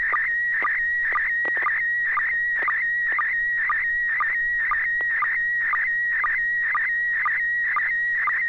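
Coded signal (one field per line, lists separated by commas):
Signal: SSTV (slow-scan television)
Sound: steady warbling high tone broken by short low chirps about twice a second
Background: low mains hum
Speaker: send your picture. A good tone.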